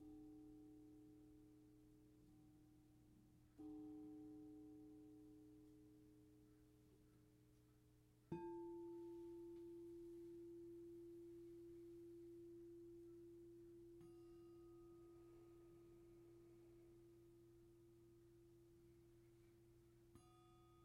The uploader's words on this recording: Sound Bath Soothe Session.